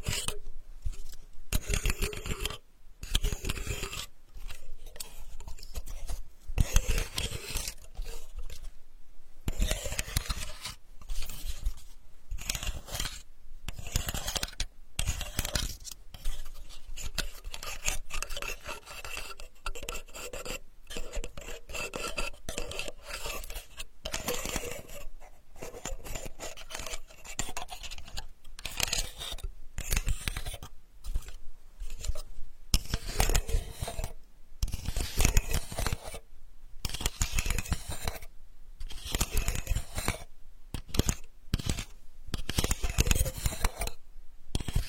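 Sandalwood being tapped and worked, with a dense run of dry, rasping strokes and scrapes that fill nearly the whole 45 seconds. The strokes come quickly and unevenly, broken by brief gaps, and sound bright and gritty with a low thump under many hits.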